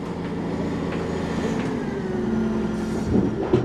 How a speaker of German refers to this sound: Ein kleiner LKW fährt auf uns zu. Er schafft das Gestein nach draußen, etwa 1 Tonne pro Fahrt.